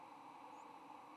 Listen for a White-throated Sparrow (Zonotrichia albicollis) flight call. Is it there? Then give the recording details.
no. Another species' flight call is heard. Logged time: 09:28 on 8 November 2014